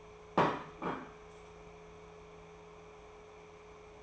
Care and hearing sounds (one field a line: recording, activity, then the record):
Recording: daily activity, microphone in the room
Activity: place plate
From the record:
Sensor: 1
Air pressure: 1015.0 hPa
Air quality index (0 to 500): 199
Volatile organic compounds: 24 ppm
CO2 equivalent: 2815 ppm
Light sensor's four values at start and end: 22/55/23/27 and 26/64/27/32